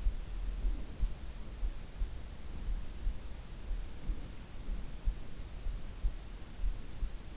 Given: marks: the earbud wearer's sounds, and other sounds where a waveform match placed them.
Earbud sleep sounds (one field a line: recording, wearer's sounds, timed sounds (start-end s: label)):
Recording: sounds in sleep by an in-ear microphone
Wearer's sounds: breath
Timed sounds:
0.30-1.54 s: breath
4.00-5.22 s: breath